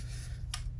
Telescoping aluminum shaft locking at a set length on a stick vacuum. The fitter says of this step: nice and it locks in place obviously